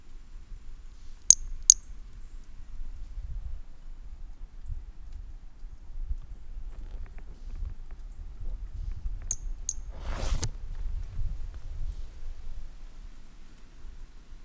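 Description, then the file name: Pumpkin toadlet call: two short, sharp, high-pitched peeps about half a second apart, a long pause, then another pair of peeps and a brief hissing burst over a low rumble. 18 January 2018; individual number 10, at 50–150 cm; first note of the call missing; specimen collected. "Brachycephalus mirissimus 18 jan 18 individual 10 ex 03 50-150 cm first note missing M R Bornschein"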